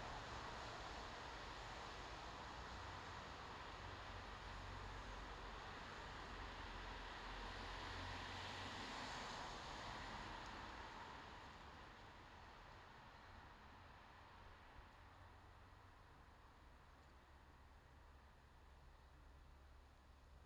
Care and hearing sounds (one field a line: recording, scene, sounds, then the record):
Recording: everyday scene through a hearing-aid microphone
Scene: in traffic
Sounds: traffic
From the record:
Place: bus stop on a city main road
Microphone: in the ear canal, left